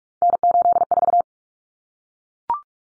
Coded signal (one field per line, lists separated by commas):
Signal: Morse code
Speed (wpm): 44 wpm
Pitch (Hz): 700 Hz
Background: none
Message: N84